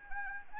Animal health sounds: mosquito wingbeat signal from an infrared sensor; Anopheles arabiensis

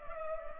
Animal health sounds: mosquito wingbeat signal from an infrared sensor; Culex pipiens

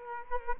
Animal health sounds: mosquito wingbeat signal from an infrared sensor; Culex quinquefasciatus

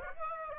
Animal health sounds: mosquito wingbeat signal from an infrared sensor; Aedes aegypti

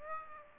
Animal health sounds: mosquito wingbeat signal from an infrared sensor; Aedes aegypti

